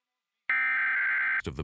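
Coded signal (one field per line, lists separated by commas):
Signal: Emergency Alert System (SAME) tones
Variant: header bursts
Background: speech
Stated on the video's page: EAS test broadcast on WABC.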